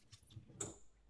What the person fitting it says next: you hear the latch release for the hood